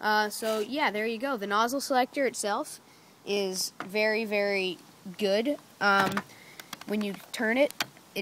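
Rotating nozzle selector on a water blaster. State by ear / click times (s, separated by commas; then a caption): not seated / none. Someone talks while turning the rotating plastic nozzle selector on a water blaster toward a nozzle position. The clip is mostly speech with a brief sharp sound near the end, and nothing has clicked or seated into position yet.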